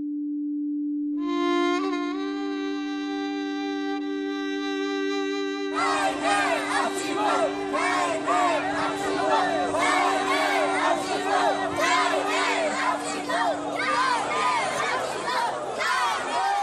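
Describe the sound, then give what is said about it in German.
A steady, droning tone with bright overtones holds for about six seconds, then a loud crowd of young voices bursts in, shouting and chanting together without pause until the end: youths at a demonstration chanting the slogan 'Afghanistan is dangerous'. “Jugendliche skandieren, Afghanistan ist gefährlich.”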